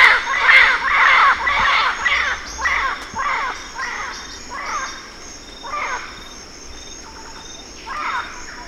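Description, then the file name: Bird giving harsh, cawing calls in a quick run for about three seconds, then scattered, fainter caws with pauses; a steady high hiss sits underneath. "SABIOD 50 bird 2015"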